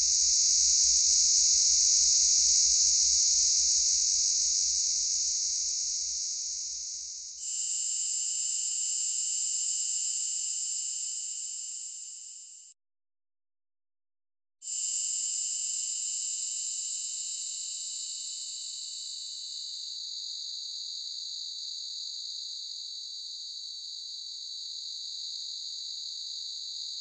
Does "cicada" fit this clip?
yes